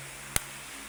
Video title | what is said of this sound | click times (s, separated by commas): Detalles sobre la mainboard y sus partes importantes | ya está el click. Ahí está instalada tu memoria RAM. | 0.4 s